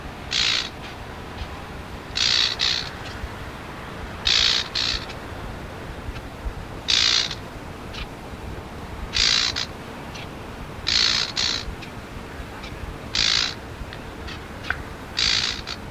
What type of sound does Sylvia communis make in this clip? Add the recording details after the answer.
alarm call. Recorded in the wild. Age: diverse. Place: Hannover, Niedersachsen, DE. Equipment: Halbspur, 9,5 cm/s. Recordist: Lütgens, Hans